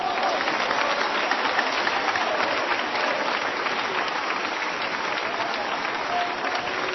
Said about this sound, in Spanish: Gloria al Señor. Vamos a dar un aplauso al Señor.